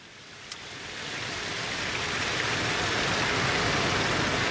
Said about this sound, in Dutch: Je ziet het water bewegen, er ligt van alles op. Het stroomt hierheen en weer. En toch ruik je niks. We staan hier bij verschillende bassins vol met rioolwater.